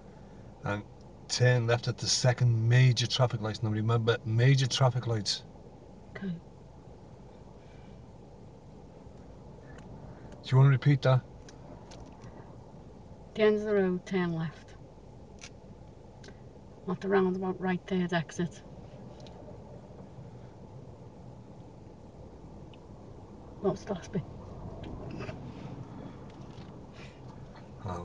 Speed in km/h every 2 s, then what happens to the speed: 0, 0, 0, 0, 0, 0, 0, 0, 0, 0, 0, 0, 0, 0.
0-28 standing.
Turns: none.